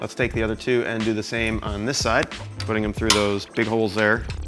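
Someone talks while handling two snap-in screw fasteners, putting them through the big holes on the other side of a metal or plastic stand part for an Epson F570 printer. Only the voice is heard, and nothing has seated or clicked yet.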